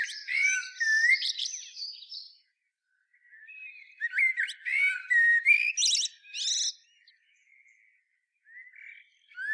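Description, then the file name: Eurasian blackbird song of whistled warbles and high squeaky trills, two main phrases with quieter mellow notes in the pauses. "Turdus merula"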